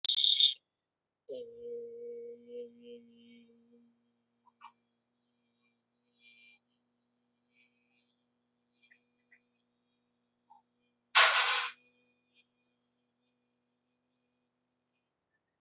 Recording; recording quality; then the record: sustained vowel as in beet; excellent, no background noise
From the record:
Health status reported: exposed to COVID-19, no respiratory illness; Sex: male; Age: 30 years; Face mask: not worn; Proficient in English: yes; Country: India